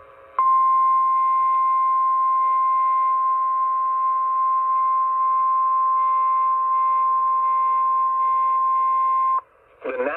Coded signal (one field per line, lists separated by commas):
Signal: Emergency Alert System (SAME) tones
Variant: 1050 Hz attention tone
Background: speech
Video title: Mid-Summer Marathon Pt. 1 - EAS Alerts from 7/9/25 || EAS 1,933-1,970